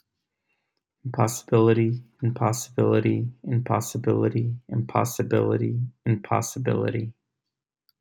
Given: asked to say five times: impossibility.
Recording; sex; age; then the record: repeated word; male; 40 to 49 years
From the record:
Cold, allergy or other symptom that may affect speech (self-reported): no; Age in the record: 44 years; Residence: California, United States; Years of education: 16